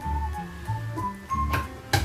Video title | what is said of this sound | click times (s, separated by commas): Introvert Girl EP.2 : วันหยุดทำหมูตุ๋นคีโต ไม่ใช่คีโตก็ทำได้ | ให้เข้าล็อคนะคะแล้วก็นะ | 1.9 s